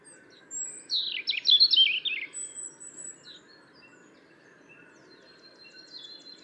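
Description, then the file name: European robin delivering one brief, high, jumbled twittering phrase, then only faint thin notes against a soft background hum. "Erithacus rubecula"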